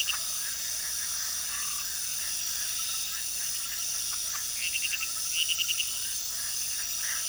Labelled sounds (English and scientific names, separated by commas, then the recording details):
none
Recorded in pastures near Puerto Asís, Putumayo, Colombia, on 18 February 2024 at 00:30
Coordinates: 0.466, -76.323
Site G6384